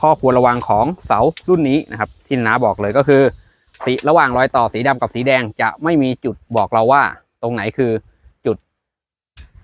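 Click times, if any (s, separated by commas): 9.4 s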